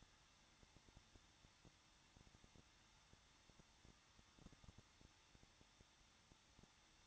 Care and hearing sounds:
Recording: daily activity, microphone in the room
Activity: no activity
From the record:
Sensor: 3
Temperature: 21.2 degrees Celsius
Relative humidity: 36.4%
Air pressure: 1006.3 hPa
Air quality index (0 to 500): 223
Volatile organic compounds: 43 ppm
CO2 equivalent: 3196 ppm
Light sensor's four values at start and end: 2/3/2/2 and 2/3/2/2

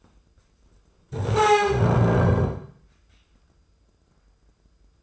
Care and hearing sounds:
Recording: daily activity, microphone in the room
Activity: stand up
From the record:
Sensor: 2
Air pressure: 995.8 hPa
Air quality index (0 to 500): 241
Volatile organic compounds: 1000 ppm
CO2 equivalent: 5934 ppm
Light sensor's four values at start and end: 26/64/28/31 and 25/60/26/29

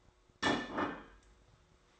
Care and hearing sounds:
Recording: daily activity, microphone in the room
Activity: place plate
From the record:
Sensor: 3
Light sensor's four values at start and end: 4/11/4/4 and 4/11/4/4

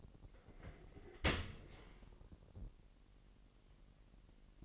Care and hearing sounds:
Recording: daily activity, microphone in the room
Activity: open dishwasher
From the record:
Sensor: 4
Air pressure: 1001.5 hPa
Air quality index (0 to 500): 248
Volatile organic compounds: 41 ppm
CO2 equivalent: 3170 ppm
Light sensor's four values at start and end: 8/18/7/6 and 8/17/6/6

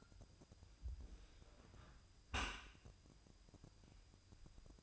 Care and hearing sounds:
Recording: daily activity, microphone in the room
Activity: close dishwasher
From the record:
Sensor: 2

